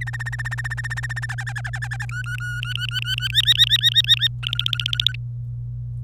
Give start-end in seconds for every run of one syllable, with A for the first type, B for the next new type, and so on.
0.01-1.26 A, 1.29-2.06 B, 2.09-3.28 C, 3.30-4.28 D, 4.43-5.15 E